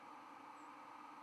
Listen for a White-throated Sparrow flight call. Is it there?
yes